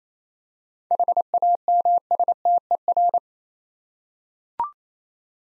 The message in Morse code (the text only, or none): HAMSTER